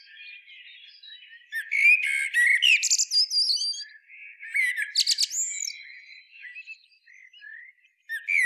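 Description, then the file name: Common blackbird singing a busy run of clear whistled notes broken by squeaky, scratchy twitters, with several loud bursts. "Turdus merula"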